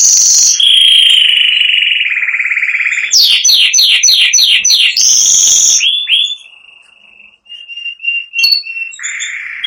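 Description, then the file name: Spanish Giboso canary singing a varied song of steady rolling trills, a run of rapid downslurred chirps, a bright high tour, then softer repeated trilled phrases. "canto do canario giboso espanhol"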